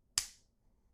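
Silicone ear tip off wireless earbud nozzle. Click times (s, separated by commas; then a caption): 0.2 s. A silicone ear tip is pulled off the nozzle of an AirPods Pro wireless earbud with a little force. It releases with a single sharp snap at 0.2 s that fades within about a quarter second, and the tip comes off the earbud.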